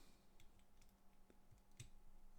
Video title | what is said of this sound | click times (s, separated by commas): Vintage LEGOLAND Construction Set 604-2 - (1971) Excavator | clicks into place, and there we have our little excavator. | 1.8 s